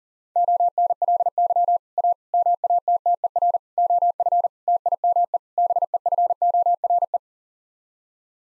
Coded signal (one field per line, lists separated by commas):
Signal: Morse code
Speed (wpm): 40 wpm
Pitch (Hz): 700 Hz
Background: none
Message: ONLY A MATTER OF TIME BEFORE